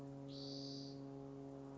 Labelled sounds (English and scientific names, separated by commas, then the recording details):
Spotted Towhee (Pipilo maculatus)
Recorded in Sonoma County, California